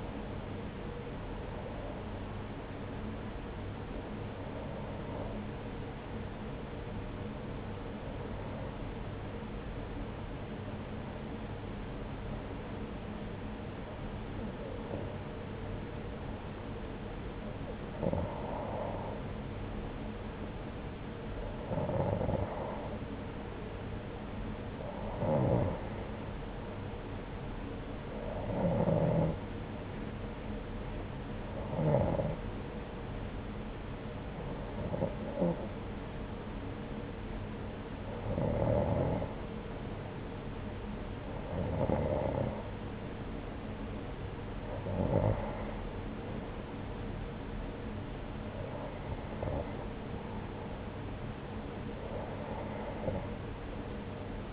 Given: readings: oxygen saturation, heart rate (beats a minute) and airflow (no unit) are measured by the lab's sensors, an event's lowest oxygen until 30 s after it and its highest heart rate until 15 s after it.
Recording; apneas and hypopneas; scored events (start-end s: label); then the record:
breathing in sleep by a voice recorder at the bedside; 1
5.00-25.50 s: hypopnea (N2, oxygen 91% highest, then 89% lowest, heart rate 77 at the start, 85 highest)
From the record:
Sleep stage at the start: N2 (light sleep); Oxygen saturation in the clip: 89 to 92%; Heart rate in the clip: 75 to 85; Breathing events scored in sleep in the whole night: 303 in 8.1 hours asleep